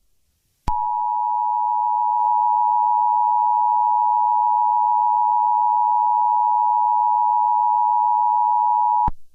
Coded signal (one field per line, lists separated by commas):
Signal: Emergency Alert System (SAME) tones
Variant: 853 and 960 Hz attention tone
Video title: Blood Rain - Halloween EAS Mock Scenario